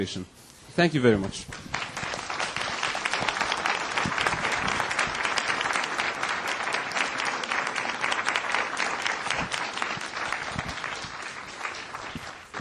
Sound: applause